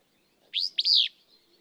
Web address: songs Willow Flycatcher